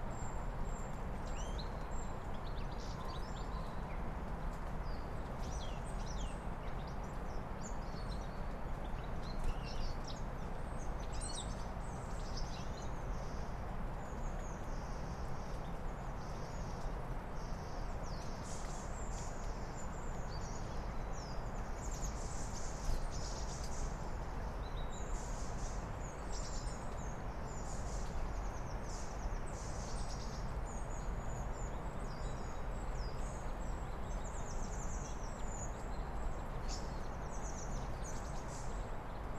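Birds sing at dawn in a forest, a busy chorus of high chirps and trills that keeps going for the whole stretch, with overlapping calls from several birds. A steady low rumble of outdoor noise sits underneath throughout, fairly loud and constant.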